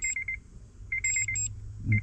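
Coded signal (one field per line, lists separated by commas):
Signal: beep code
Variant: Honda Easy Key Maker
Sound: quick bursts of short high beeps in clusters, some with a second higher tone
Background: low rumble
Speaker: turn it off triple beeps double beeps turn it back on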